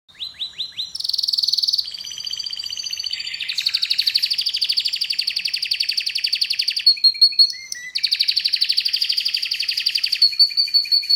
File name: Canary Singing